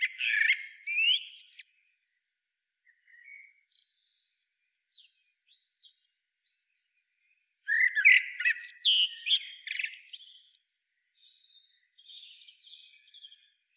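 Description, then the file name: Common blackbird giving melodious whistled phrases that break into high scratchy twitters, with scattered faint notes during the pause between them. "Turdus merula"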